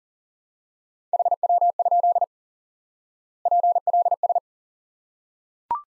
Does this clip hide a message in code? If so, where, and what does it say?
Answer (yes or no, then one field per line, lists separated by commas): yes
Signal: Morse code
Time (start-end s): 1.1-4.4 s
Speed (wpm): 40 wpm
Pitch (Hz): 700 Hz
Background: none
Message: HW? PLS